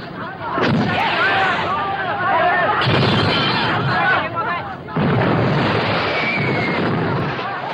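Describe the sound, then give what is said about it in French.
Three heavy black powder blasts go off a couple of seconds apart, each a loud rumbling boom, while a crowd of voices shouts and chatters throughout. “Eh bien, où sont les bouteilles et la poudre noire? Envoyez par ici. Maintenant, avec une petite prière et beaucoup de chance.”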